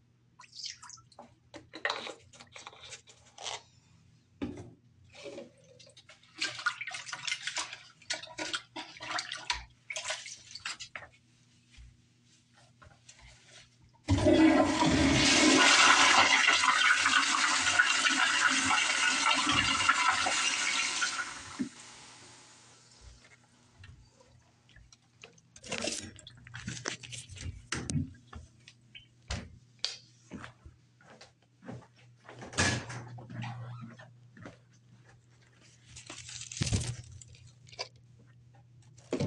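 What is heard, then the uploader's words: Cleaning sounds: short spraying and wiping noises come in irregular bursts, with scattered clicks and knocks. From about 14 to 21 seconds a loud, dense hiss or rush dominates, then fades. A steady low hum runs underneath throughout. No talking is included, just spraying, wiping, and vacuuming.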